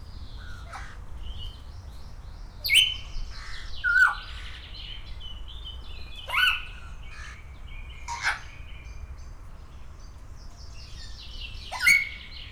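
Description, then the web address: Grey parrot calling in spaced bursts, each a loud harsh squawk mixed with clear whistled notes, repeated roughly every one to four seconds against low rumbling noise. Captive bird at the zoo in Szeged, recorded 2011; calls out with pauses between its sounds. "szegedizoo. jakopapagaj"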